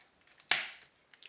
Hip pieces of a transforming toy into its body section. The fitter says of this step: until it clicks in it always feels to me like it's going to break you